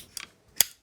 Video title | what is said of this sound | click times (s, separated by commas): Umbrella & Car Wash - Maddie's Do You Know👩Series 2, Episode 2 - FULL EPISODE! | Can you hear that clicking sound? That means the runner has fixed onto the spring. | 0.2 s, 0.6 s